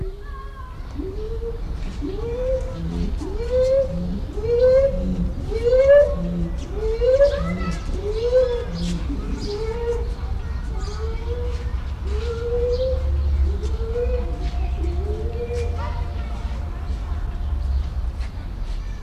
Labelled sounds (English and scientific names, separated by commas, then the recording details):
Chimpanzee (Pan troglodytes)
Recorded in captivity
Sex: male
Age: adult
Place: Zoo Berlin, Berlin, DE
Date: 1994-05-21 10:43
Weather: heiter, 12-16°C
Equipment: Marantz CP 430, Sennheiser ME 80, Kopie Uher Variocord 263
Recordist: Tembrock, Günter